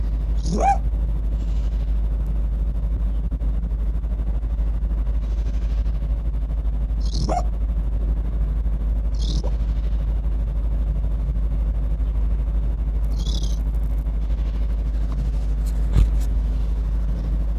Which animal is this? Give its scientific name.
Vulpes lagopus